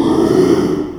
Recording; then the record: squeal of a Yucatan mini pig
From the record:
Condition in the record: after surgery on the right vocal fold (resection and tissue-engineered implant); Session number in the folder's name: 1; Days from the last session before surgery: 6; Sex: male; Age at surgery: 12 weeks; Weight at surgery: 13 kg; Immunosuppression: cyclosporine, prednisolone